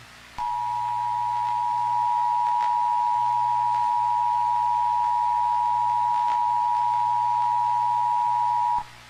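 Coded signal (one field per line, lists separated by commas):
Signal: Emergency Alert System (SAME) tones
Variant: 853 and 960 Hz attention tone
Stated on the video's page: Fictional Jurassic World-themed EAS scenario with valid EAS tones.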